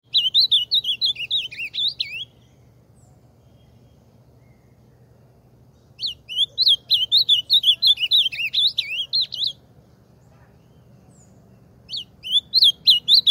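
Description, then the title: Ultramarine grosbeak song: bursts of rich warbled phrases, rising and falling whistles, about two to four seconds long, repeated after pauses of several seconds over a steady low hum. Singing in full force. "AZULÃO CANTANDO A TODO VAPOR"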